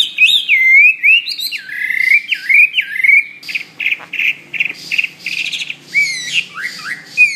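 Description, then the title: Bird song opening with looping whistled notes that dip and rise, then a run of short repeated chirps, ending with more swooping whistles. "SuaraBurung Kicau"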